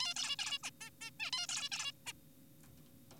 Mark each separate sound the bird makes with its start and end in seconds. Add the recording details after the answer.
0.00-0.14, 0.16-0.36, 0.39-0.59, 0.63-0.70, 0.81-0.90, 1.01-1.11, 1.20-1.31, 1.33-1.46, 1.49-1.69, 1.72-1.92, 2.07-2.13. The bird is an adult. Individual g4p5U